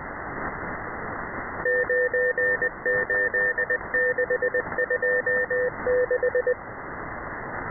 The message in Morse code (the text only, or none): 98626